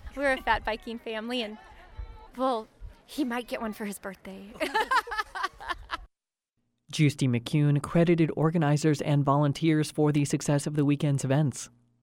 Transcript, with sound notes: We’re a fat biking family and, well, he might get one for his birthday [laughs] Giusti-McCune credited organizers and volunteers for the success of the weekend’s events.